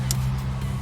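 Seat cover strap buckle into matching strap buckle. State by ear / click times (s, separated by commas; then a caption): seated / 0.1 s. A seat cover strap's plastic buckle is connected into the matching strap buckle during installation of seat covers for a Tesla Model S, 3, X, or Y. A single sharp click at 0.1 s stands out over a steady low hum, and the buckle is seated.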